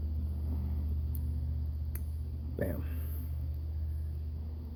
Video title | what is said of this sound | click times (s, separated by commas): Volvo Turbo rebuild | kind of wiggle it back and forth until it snaps in there BAM | 1.2 s, 2.0 s